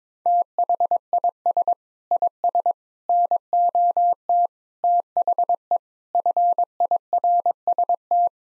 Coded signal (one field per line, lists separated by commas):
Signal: Morse code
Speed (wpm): 21 wpm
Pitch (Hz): 700 Hz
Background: none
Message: THIS IS NOT THE FIRST